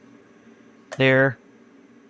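An add-on magnetic drive wheel or idler pulley, meant to give more grip on drinkware, is handled at the rotary attachment of an eufyMake E1 UV printer while someone talks briefly around 0.9–1.3 s over a quiet, steady background. Nothing has seated or clicked into place yet.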